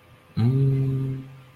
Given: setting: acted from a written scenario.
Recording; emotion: vocal sound without words; desire